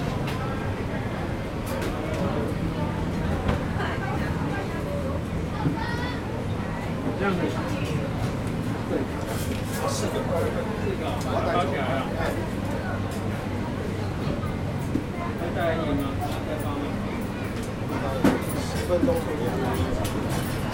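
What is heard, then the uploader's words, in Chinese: At the Keelung Miaokou night market, a dense, steady crowd murmur of many voices continues throughout, with brief clatters and louder bursts near 18 seconds. 基隆廟口夜市沈記泡泡冰。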